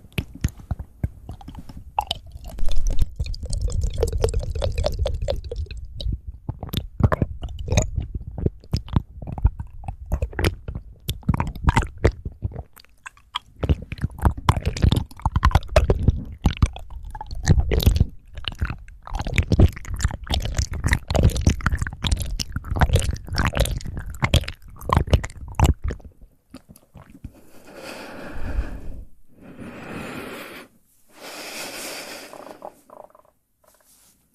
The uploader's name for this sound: ASMR Fast Mouth Sounds